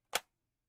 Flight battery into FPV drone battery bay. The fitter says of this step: that click yeah let you know that it's actually in there and those retainers now a lot of people